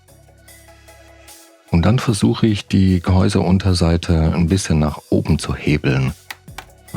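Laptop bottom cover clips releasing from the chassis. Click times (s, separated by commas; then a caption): 6.3 s, 6.6 s. On an Asus ROG Strix GL704GW gaming laptop, the plastic bottom cover is pried up from the back and wiggled while someone talks over quiet background music. Sharp cracks at 6.3 s and 6.6 s mark the snap-in clips popping loose from the chassis, a loud cracking and creaking that is normal when the clips release.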